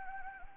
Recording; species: mosquito wingbeat signal from an infrared sensor; Anopheles gambiae